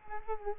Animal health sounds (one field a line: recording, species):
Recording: mosquito wingbeat signal from an infrared sensor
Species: Culex quinquefasciatus